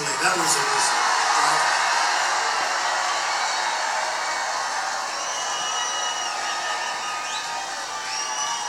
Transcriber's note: crowd cheering